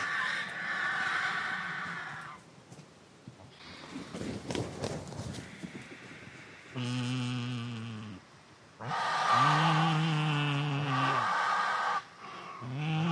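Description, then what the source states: Griffon vultures giving harsh feeding calls: rasping hisses and deep, stacked grunting croaks in bursts, with rough scuffling noise between calls. Several griffon vultures calling while feeding together on a carcass (the curée); usually silent birds that call loudly when eating.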